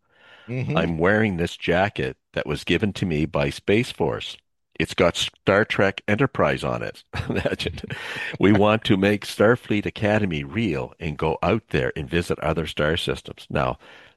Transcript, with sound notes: "I'm wearing this jacket that was given to me by Space Force. It's got S- Star Trek Enterprise on it." (laughs) Imagine.
(laughs)
"We want to make Starfleet Academy real and go out there and visit other star systems